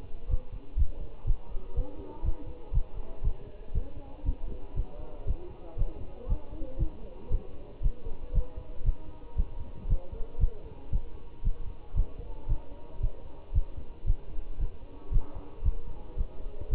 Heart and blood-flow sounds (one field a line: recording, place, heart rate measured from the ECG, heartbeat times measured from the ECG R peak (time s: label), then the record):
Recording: heart sounds by stethoscope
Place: between the tricuspid and mitral areas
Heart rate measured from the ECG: 117 bpm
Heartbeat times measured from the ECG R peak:
0.31 s: heartbeat
0.78 s: heartbeat
1.27 s: heartbeat
1.77 s: heartbeat
2.25 s: heartbeat
2.74 s: heartbeat
3.25 s: heartbeat
3.75 s: heartbeat
4.26 s: heartbeat
4.77 s: heartbeat
5.28 s: heartbeat
5.79 s: heartbeat
6.29 s: heartbeat
6.80 s: heartbeat
7.32 s: heartbeat
7.83 s: heartbeat
8.35 s: heartbeat
8.86 s: heartbeat
9.38 s: heartbeat
9.90 s: heartbeat
10.41 s: heartbeat
10.93 s: heartbeat
11.45 s: heartbeat
11.97 s: heartbeat
12.49 s: heartbeat
13.03 s: heartbeat
13.55 s: heartbeat
14.07 s: heartbeat
14.61 s: heartbeat
15.13 s: heartbeat
15.65 s: heartbeat
16.18 s: heartbeat
16.71 s: heartbeat
From the record:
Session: Bruce protocol treadmill stress test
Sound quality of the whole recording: good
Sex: male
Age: 25 years